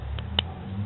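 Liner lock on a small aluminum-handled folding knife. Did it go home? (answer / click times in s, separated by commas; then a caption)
yes / 0.4 s. A small Spyderco Cricket folding knife with an aluminum handle, a 1 7/8 inch blade and 4 5/8 inch overall length is opened, and its steel liner lock snaps behind the blade tang. A faint tick at 0.2 s comes before a sharp, bright click at 0.4 s over a low steady hum. The liner lock seats firmly into place.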